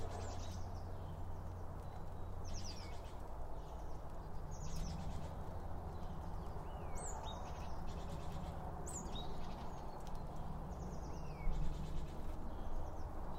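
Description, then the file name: Birds giving high sliding whistles and quick chirps, scattered throughout, over a constant low background hum. Birds around a bird feeder, recorded with two Line Audio OM 1 microphones. "Birds Around Birdfeeding With Two Om 1 From Line Audio"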